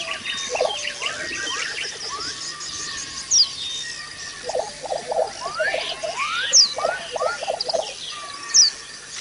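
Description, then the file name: White-eye song: quick twittering chirps and short rising whistles in loose bursts, with a few sharp high notes and a faint steady hum underneath. White-eye (pleci) song used as audio therapy for cage birds. "audio terapi pleci. omkicau"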